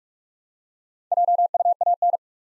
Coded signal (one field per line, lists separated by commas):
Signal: Morse code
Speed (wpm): 42 wpm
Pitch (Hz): 700 Hz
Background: none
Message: JUAN